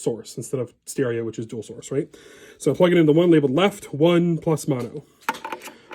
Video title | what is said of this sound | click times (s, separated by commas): Wireless Kit Setup | plug that in nice click there | 5.3 s